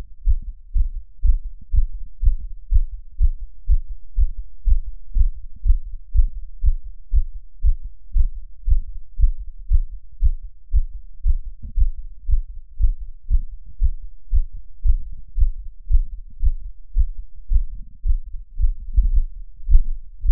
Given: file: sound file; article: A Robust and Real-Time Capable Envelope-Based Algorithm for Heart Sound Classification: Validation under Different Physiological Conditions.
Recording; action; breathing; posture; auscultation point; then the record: heart sounds by electronic stethoscope; after 5 min of sport; deep; sitting; Erb’s point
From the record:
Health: healthy, no known heart disease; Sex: male